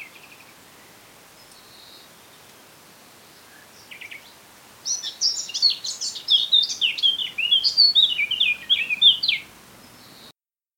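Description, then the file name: Eurasian blackcap gives a few faint notes, then a rich, rapid warbling phrase of mixed twittering and fluty notes lasting about four and a half seconds. "Sylvia atricapilla"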